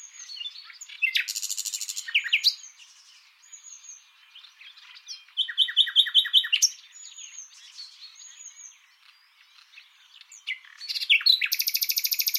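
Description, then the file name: Common nightingale singing varied phrases: scratchy notes, fast rattling bursts and runs of rapidly repeated notes, with soft twittering between. "Luscinia megarhynchos"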